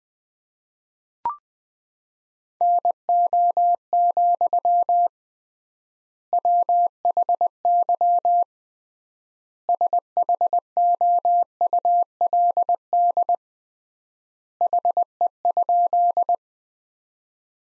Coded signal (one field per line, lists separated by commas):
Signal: Morse code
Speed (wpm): 20 wpm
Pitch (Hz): 700 Hz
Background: none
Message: NO, WHY SHOULD HE?